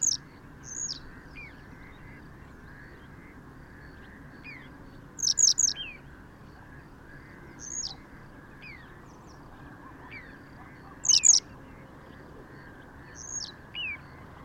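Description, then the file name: Western yellow wagtail giving high, thin downslurred call notes, singly or in quick pairs and triplets, spaced several seconds apart over a low steady hiss. "Gele Kwikstaart Motacilla flava"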